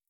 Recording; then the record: hydrophone in a shrimp aquaculture tank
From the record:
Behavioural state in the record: feeding